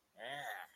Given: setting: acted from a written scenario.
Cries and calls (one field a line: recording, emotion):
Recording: vocal sound without words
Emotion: disgust